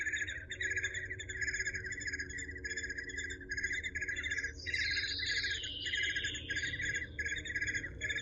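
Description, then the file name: Eurasian hobby calls: continuous trains of bright buzzy chirps, with a higher warbling sweep rising and falling around the middle, over a low steady hum. "suara alap walet"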